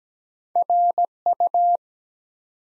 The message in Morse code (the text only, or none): RU